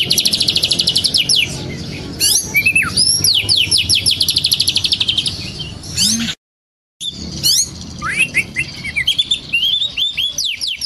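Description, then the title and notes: Oriental magpie-robin song of rapid high trills and swooping whistles, broken by a brief total dropout before singing resumes. Long-duration 'isian' filler song, used for training caged birds to sing actively day and night. "Kacer Jadi Gacor Siang Malam. Isian Kacer Durasi Panjang"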